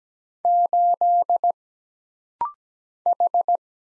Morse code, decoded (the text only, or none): 8 H